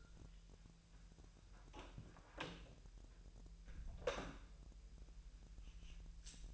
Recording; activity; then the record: daily activity, microphone in the room; close door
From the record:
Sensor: 2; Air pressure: 1001.2 hPa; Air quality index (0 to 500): 246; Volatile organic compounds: 84 ppm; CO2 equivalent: 3638 ppm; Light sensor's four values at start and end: 8/19/8/8 and 7/18/7/7